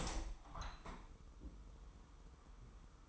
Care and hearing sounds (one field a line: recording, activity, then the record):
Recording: daily activity, microphone in the room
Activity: open window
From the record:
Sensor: 1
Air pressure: 999.9 hPa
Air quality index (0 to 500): 237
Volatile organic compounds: 108 ppm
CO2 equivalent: 3804 ppm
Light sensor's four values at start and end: 10/25/10/11 and 11/26/10/11